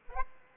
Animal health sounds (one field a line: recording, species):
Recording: mosquito wingbeat signal from an infrared sensor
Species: Aedes albopictus